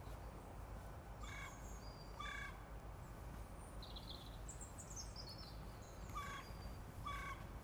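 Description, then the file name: Carrion crow cawing in short harsh notes, a pair early then two more later, amid high thin bird calls and constant low background noise. "Corvus corone"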